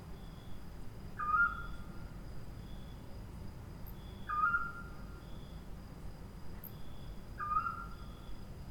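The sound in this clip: Screech owl calling, a short whistled note that slides slightly downward, given three times about every three seconds over steady insect drones and low background rumble.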